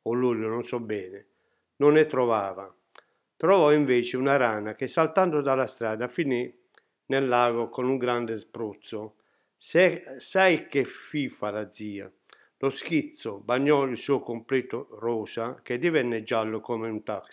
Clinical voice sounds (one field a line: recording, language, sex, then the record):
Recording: read passage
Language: Italian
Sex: male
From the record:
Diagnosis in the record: healthy control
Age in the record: 68 years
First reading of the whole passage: 60 s, 8.7 characters per second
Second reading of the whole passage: 55 s, 9.3 characters per second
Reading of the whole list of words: 43 s, 6.5 characters per second